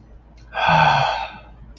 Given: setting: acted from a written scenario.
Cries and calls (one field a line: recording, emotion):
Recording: vocal sound without words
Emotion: contentment